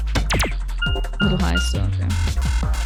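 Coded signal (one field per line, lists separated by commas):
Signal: none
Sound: puzzle game's beeps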